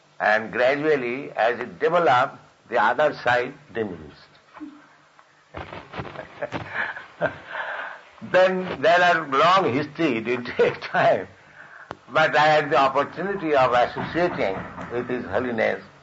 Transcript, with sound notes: and gradually, as it developed, the other side diminished. (laughter) Then—there are long history; it will take time—but I had the opportunity of associating with His Holiness.